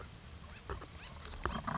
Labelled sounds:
Acorn Woodpecker
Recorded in Sonoma County, California

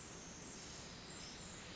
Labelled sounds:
Pacific Wren
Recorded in Sonoma County, California

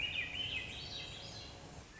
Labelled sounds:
Swainson's Thrush
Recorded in Sonoma County, California

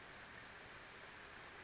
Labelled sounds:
Western Flycatcher
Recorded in Sonoma County, California

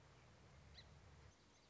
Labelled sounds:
Song Sparrow
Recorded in Sonoma County, California

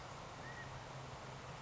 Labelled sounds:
California Quail
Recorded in Sonoma County, California

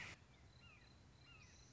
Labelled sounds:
Red-shouldered Hawk
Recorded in Sonoma County, California

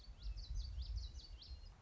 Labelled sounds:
Common Yellowthroat
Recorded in Sonoma County, California

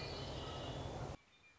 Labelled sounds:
Red-winged Blackbird
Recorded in Sonoma County, California

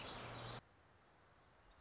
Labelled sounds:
Black-throated Gray Warbler
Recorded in Sonoma County, California

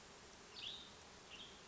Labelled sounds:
Western Tanager
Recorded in Sonoma County, California

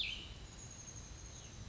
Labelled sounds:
Cassin's Vireo
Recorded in Sonoma County, California

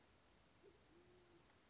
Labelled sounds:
Band-tailed Pigeon
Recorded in Sonoma County, California

